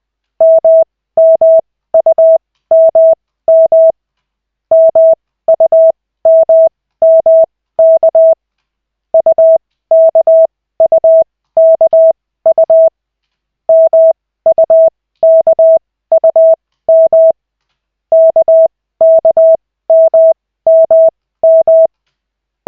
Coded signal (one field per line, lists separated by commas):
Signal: Morse code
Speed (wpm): 20 wpm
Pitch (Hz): 650 Hz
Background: none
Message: MMUMM MUMMK UKUKU MUKUM KKMMM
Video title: Koch 2/40, 13.12.2024, 1st CW practice session